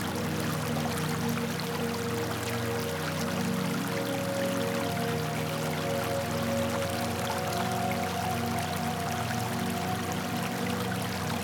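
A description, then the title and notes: A stream flows steadily, a dense, even rush of water with a crisp, bright splashing texture over a fuller low wash. The sound stays unchanging throughout, with faint sustained tones humming underneath. Crisp Flowing Stream.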